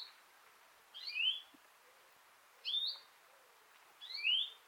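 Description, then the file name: European greenfinch with rising whistled call notes, each often preceded by a short higher note, given three times at steady intervals. "Chloris chloris"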